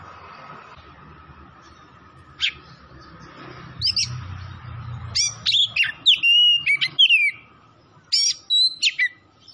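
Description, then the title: Oriental magpie-robin song: a single opening note, then a rush of loud whistled and chirping phrases, sweeping notes mixed with short clicks, pausing briefly before a final burst; a faint steady hum underneath. Singing vigorously (gacor); Tretes type. "Kacer Tretes"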